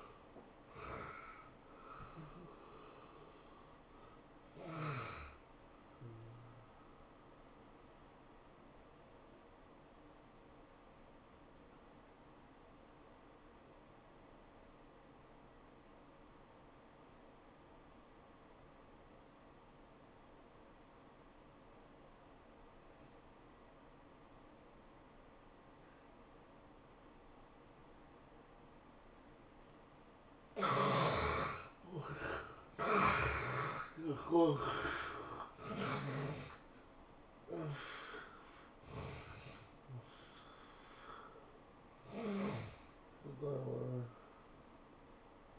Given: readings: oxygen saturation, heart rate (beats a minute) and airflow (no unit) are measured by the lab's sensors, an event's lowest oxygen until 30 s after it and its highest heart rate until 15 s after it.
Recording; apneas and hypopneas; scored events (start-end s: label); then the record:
breathing in sleep by a voice recorder at the bedside; 1
9.00-39.00 s: new sleep stage, N2 (light sleep)
14.00-31.40 s: obstructive apnea (N2, oxygen 97% highest, then 75% lowest, heart rate 93 at the start, 109 highest)
39.00-45.59 s: new sleep stage, N1 (lightest sleep)
From the record:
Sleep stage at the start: N1 (lightest sleep); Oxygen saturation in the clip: 72 to 97%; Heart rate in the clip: 81 to 109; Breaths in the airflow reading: 6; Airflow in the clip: -10.0 to 12.6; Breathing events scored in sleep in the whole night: 403 in 5.5 hours asleep